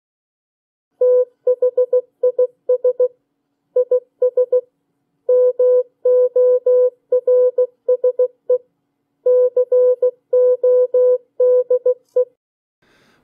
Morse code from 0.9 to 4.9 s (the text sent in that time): THIS IS